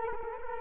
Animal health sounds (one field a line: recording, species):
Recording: mosquito wingbeat signal from an infrared sensor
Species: Culex quinquefasciatus